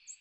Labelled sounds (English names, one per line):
American Redstart flight call